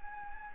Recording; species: mosquito wingbeat signal from an infrared sensor; Anopheles gambiae